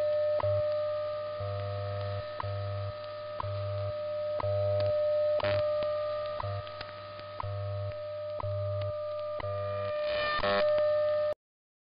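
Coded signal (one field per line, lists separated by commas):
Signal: radio time signal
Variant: WWV/WWVH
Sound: steady mid-pitched tone with a click every second and a low pulsing hum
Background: radio static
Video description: The program checks all WWV(H) frequencies, taking an average of two signal levels displaced in time to account for fading. Then it tunes the radio to the best frequency and exits.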